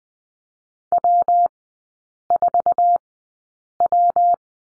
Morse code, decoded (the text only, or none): W4W